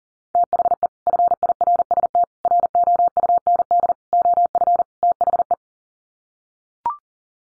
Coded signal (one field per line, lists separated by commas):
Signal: Morse code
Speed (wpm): 39 wpm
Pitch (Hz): 700 Hz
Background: none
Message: THE FIRST ROUND OF THE